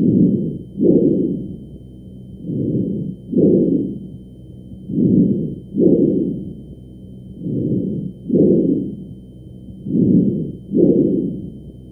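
Loud, harsh, hollow breathing with inspiration and expiration about equally loud and a short gap between them, repeating in about five steady cycles. These are normal tracheal (bronchial) breath sounds, as heard over the windpipe of an adult.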